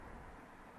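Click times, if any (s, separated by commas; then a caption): none. A rider uses the side lever on a flip-up motorcycle helmet to raise the plastic internal sun visor back up into the helmet shell. Only a steady, broadband rumble-like noise is heard, with no distinct sudden sounds. Nothing has seated or clicked yet.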